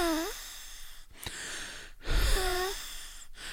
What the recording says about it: Wheeze is a different noise because there's all these different airways. When they're all blocked to different amounts, and you get this very complex sort of noise. It's mainly when you breathe out. It's not a sound when you breathe in. And it's a sort of whistling sound. I do have asthma, and people with asthma wheeze.